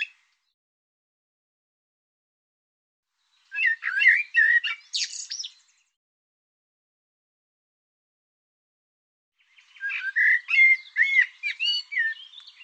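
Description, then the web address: Bird song in two varied, warbling phrases of mixed whistled and scratchy notes, separated by a long silence. Sound labelled "Tu Me Tu Me". "cianscape birddata Deverinetal 2025 Bird Tu Me Tu Me"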